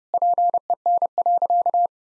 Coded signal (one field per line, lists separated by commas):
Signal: Morse code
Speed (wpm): 30 wpm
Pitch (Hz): 700 Hz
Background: none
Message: PEN.